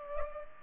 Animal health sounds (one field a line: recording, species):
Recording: mosquito wingbeat signal from an infrared sensor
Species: Culex pipiens